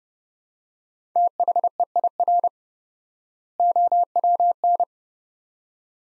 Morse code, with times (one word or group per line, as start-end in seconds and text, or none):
1.2-2.5 THEIR
3.6-4.8 OWN